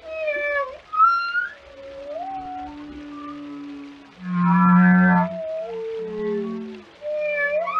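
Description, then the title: Whale song: gliding whistled tones and low moans, then a loud buzzy pulsed groan near the middle, followed by more sweeping tonal calls. "Whale Tales: A Dive into the Fascinating Behaviors of These Ocean Giants"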